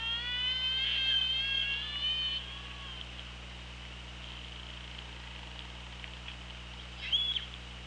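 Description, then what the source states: Orca calls: a loud run of wavering, many-layered tones over the first couple of seconds, fading away, then a short rising squeal near the end, above a steady low hum and hiss. OrcaLab underwater hydrophone, 24 August 2017, about 17:12.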